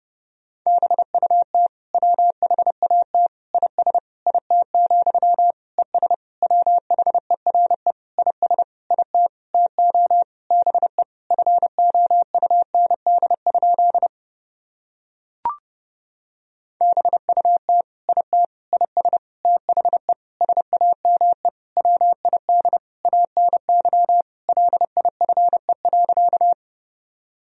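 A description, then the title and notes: Morse code keyed as a single steady mid-pitched tone, with rapid dots and dashes switching cleanly on and off. Sending runs steadily for about fourteen seconds, pauses around the fifteenth second with one brief click, then resumes at the same pace until the end. Sentences from Top 300 Words and Abbreviations 30wpm. These sentences are composed of the Top 300 words and Morse code abbreviations. First, the words and abbreviations are sent in Morse code.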